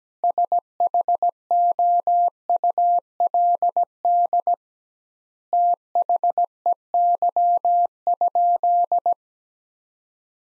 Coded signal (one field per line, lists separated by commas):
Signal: Morse code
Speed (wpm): 17 wpm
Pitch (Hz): 700 Hz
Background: none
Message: SHOULD THEY?